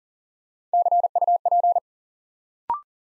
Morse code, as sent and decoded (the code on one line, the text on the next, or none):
-.-. ..- .--.
CUP